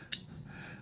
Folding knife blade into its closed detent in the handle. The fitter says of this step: click you can hear that again let me do that one more time